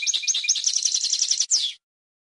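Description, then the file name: European goldfinch song: a fast, bright twittering burst of high, jumbled notes lasting under two seconds, ending on one downslurred note. "audio burung goldfinch"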